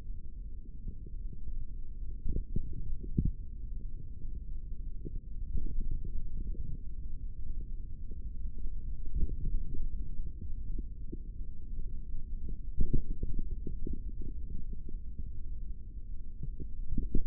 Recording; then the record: forearm muscle sounds (acoustic myography)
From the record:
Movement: tripod grip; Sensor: system 3, bracelet of six PUI Audio POM-2738L microphones around the upper forearm, with dedicated amplification and filtering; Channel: 6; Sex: male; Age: 23 years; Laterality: right